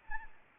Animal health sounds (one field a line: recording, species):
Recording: mosquito wingbeat signal from an infrared sensor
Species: Anopheles arabiensis